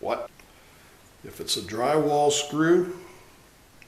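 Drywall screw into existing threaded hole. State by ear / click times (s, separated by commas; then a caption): seated / 3.8 s. A drywall screw is set in its existing threaded hole and turned backwards until its thread drops into the original thread. Someone talks, then a faint click is heard at 3.8 s as the screw seats in the old thread.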